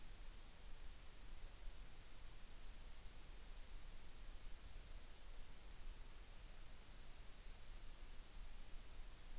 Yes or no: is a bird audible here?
no